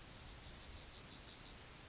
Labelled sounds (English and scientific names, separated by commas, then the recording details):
Yellowhammer (Emberiza citrinella) song
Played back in forest
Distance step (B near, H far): E
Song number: 169